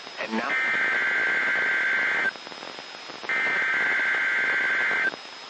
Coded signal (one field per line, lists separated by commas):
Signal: Emergency Alert System (SAME) tones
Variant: header bursts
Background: speech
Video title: Required Weekly Tests 1/13/2021 (EAS #186-198)